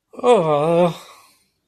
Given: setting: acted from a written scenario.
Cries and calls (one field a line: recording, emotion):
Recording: vocal sound without words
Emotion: negative surprise